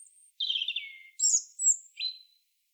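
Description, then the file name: European robin with a varied song phrase: a buzzy descending twitter, a sharp very high flourish, a pure high whistle and a short final note. "Erithacus rubecula"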